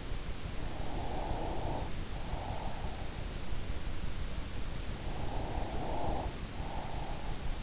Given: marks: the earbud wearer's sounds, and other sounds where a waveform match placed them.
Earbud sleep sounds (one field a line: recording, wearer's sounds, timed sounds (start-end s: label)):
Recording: sounds in sleep by an in-ear microphone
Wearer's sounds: breath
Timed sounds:
0.33-3.24 s: breath
4.90-7.63 s: breath